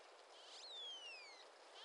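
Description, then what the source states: Pilot whale whistle: a single clear tonal note sliding smoothly downward over about a second, with a fainter higher overtone tracing the same falling line, over steady hiss. Call type 5.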